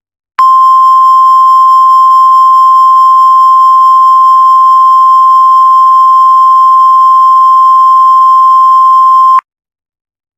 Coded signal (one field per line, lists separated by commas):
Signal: Emergency Alert System (SAME) tones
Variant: 1050 Hz attention tone